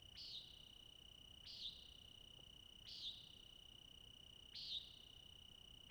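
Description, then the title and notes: Crickets ringing in an unbroken high trill, while a bird gives repeated brief calls. Crickets singing all night into morning twilight, Okanogan National Forest. "Okanagon National Forest, All-night Cricket Ending. Crickets sing throughout"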